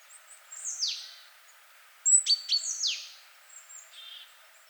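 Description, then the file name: Great tit giving a brief cluster of sharp metallic notes with a short ringing whistle, between high downward-slurred sweeps. "Parus major"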